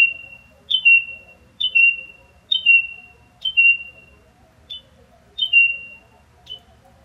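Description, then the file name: Carolina wren calling with brief descending chip notes, some trailing into a steady whistled tone, repeated roughly every second against soft low rumble. Recorded in Willis, Texas. "patti edens - submission - willis texas - carolina wren"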